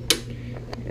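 A click-type torque wrench set at 30 tightens the bottom mount bolt of a passenger footpeg on a Harley Sportster Iron 883. A single loud, sharp click sounds at 0.1 s as the wrench reaches torque, followed by two much fainter ticks near 0.6 and 0.7 s over a steady low hum. The bolt is confirmed torqued.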